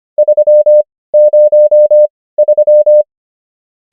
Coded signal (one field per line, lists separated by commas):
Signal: Morse code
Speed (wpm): 25 wpm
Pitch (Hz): 600 Hz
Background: none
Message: 303